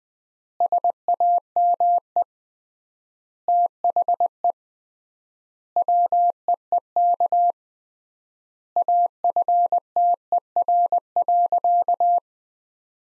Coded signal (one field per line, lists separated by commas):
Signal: Morse code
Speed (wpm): 21 wpm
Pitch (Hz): 700 Hz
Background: none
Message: SAME THE WEEK AFTER.